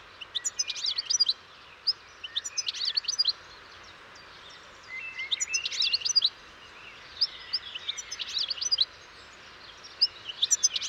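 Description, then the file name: European goldfinch calls, repeated bursts of tinkling, twittering notes, with softer chirps between. "Carduelis carduelis"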